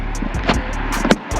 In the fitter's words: you hear that snap and let me see if I I can get in there and show you guys there's a